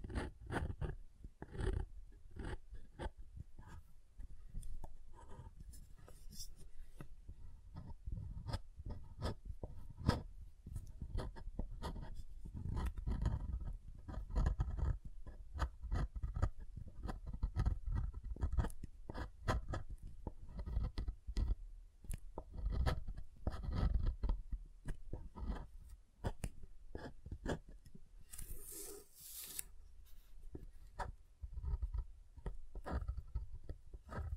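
Soap being tapped and carved, a dense run of quick scraping and tapping strokes with low thuds, plus a brighter rasp near 29 seconds.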